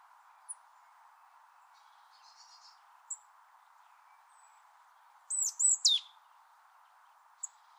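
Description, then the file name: Marsh tit call: a quick burst of three high, sharp notes, the last sweeping steeply downward, with a few faint isolated ticks and a steady low hum throughout. "Poecile palustris"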